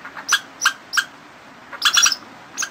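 Squirrel chattering calls: three sharp, squeaky chips about a third of a second apart, a short pause, a rapid burst of several chips, then one last chip.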